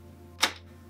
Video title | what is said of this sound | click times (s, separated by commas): How to set up your P2040DW/P2235DW | those arrows align and you hear an audible click | 0.4 s